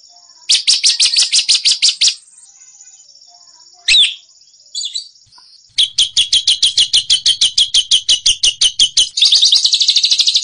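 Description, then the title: White-rumped shama song: bursts of fast high chipped notes, a long thin steady whistle, a few sweeping notes, then another rapid series ending in a fine trill. Masteran tutor recording of a champion bird's song, used to train caged birds; also offered as sound therapy. "Suara Masteran Burung Murai Batu Juara Terapi Suara Murai Batu"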